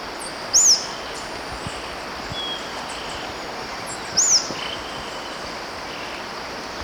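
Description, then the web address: White-fronted Tyrannulet song: two sharp, high arched notes roughly four seconds apart, with a faint thin whistle between them over continuous background hiss. Ecuador. "Natures Songs S America Birds of Ecuador 3 White-Fronted Tyrannulet"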